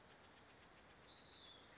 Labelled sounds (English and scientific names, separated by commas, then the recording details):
California Towhee (Melozone crissalis)
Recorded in Sonoma County, California